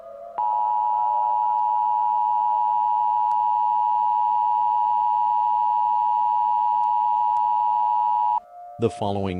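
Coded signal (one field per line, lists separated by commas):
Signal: Emergency Alert System (SAME) tones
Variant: 853 and 960 Hz attention tone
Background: speech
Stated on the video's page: Simulated scenario alert for a fictional eruption.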